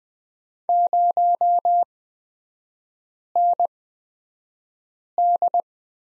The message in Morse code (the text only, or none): 0ND